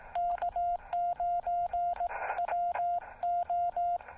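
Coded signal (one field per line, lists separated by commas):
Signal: Morse code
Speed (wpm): 18 wpm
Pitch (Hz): 690 Hz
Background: radio noise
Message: K9WO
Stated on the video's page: SOTA summit activation using a Yaesu FT-817 at 2.5 watts QRP into a CHA MPAS Lite antenna.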